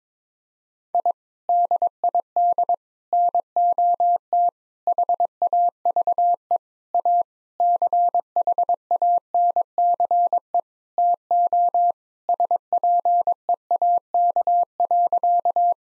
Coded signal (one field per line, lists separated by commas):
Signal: Morse code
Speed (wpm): 22 wpm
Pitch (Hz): 700 Hz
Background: none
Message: I DID NOT HAVE A CHANCE TO SPEAK.